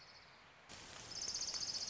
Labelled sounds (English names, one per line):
Orange-crowned Warbler